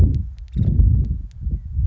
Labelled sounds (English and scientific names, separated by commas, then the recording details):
Nuttall's Woodpecker (Dryobates nuttallii)
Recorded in Sonoma County, California